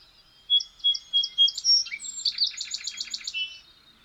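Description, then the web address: Birdsong: a few clear high whistled notes, then a quick sliding note and a fast, evenly pulsed trill that fades out. Birds singing in a grove. "sonido de pajaros cantando en un bosquecillo"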